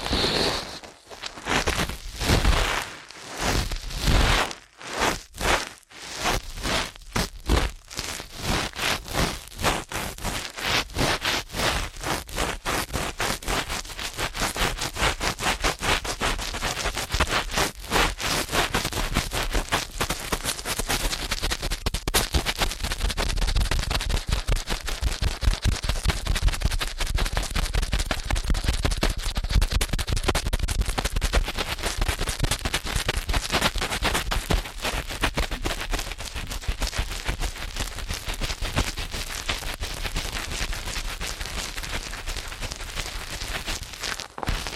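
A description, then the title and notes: Ear cleaning, with rapid scratchy rubbing that covers all pitches from deep thumps to bright hiss. The first few seconds come in separate bursts with short silent gaps, then the scraping turns continuous and dense, a fast rough flutter that holds steady to the end. ASMR Ear Cleaning at Helicopter Speed.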